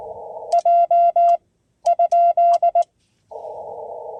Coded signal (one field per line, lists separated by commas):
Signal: Morse code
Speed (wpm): 19 wpm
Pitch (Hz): 690 Hz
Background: none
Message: J?